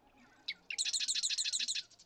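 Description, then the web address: Marsh Wren song: a sharp note then a fast series of about a dozen rattling, chattering notes. "birdsongforthecurious Marsh Wren"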